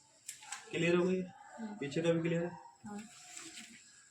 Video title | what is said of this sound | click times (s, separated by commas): LG 9 Kg, FHB1209Z2M Fully-Automatic Front Load Washing Machine full demo in hindi | बाद में इसको press कर देंगे, लॉक हो जाएगा। | 0.3 s, 0.5 s